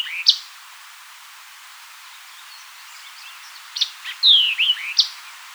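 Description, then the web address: White-eyed vireo: the tail of one phrase opens, then after a pause a full phrase of sharp chips, buzz and slurred falling whistles. "White-eyed Vireo 2007 01 04 White-eyed Vireo 02"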